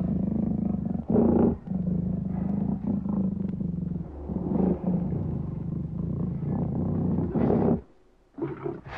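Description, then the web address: Lion roaring: a deep, sustained rumbling growl with harsh louder bursts, dropping away near the end before a short final grunt. "лев"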